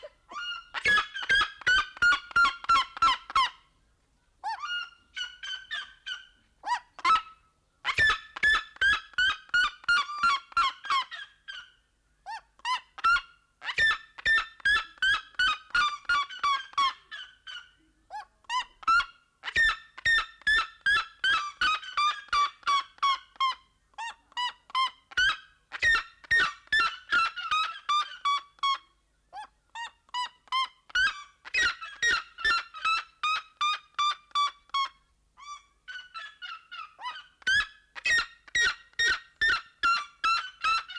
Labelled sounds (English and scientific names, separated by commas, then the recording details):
Red-legged Seriema (Cariama cristata) call
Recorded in captivity
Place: Zoo Berlin, Berlin, DE
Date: 1992-08-01 11:50
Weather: sonnig, 24-26°C
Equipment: Marantz CP 430, Sennheiser ME 80, Kopie Tesla B 116
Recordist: Tembrock, Günter